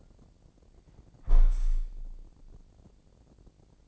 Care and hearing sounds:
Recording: daily activity, microphone in the room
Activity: close window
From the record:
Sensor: 5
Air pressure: 1012.4 hPa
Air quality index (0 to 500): 164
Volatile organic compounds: 2 ppm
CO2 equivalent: 1111 ppm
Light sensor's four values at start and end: 75/180/74/81 and 77/186/77/84

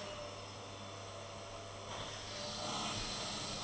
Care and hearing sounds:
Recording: daily activity, microphone in the room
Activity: vacuum cleaning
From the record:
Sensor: 4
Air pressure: 1000.1 hPa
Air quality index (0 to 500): 232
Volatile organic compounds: 32 ppm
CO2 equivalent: 2992 ppm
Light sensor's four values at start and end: 9/21/8/8 and 9/21/8/8

